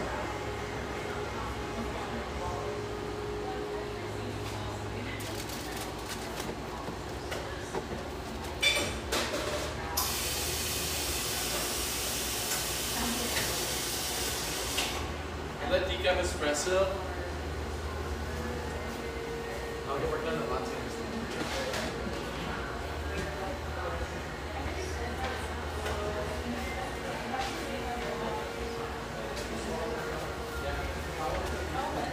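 A busy café in a ski town, with a steady murmur of overlapping voices over a low rumble. From about 10 to 15 seconds a loud, bright hiss takes over, like a milk steamer, and scattered clinks and knocks of cups and dishes break through around 9 and 16 seconds.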